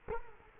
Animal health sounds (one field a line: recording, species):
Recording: mosquito wingbeat signal from an infrared sensor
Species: Culex quinquefasciatus